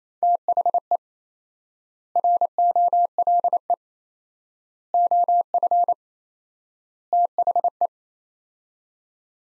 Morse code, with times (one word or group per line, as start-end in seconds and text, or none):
0.2-1.0 THE
2.2-3.7 ROLE
4.9-5.9 OF
7.1-7.9 THE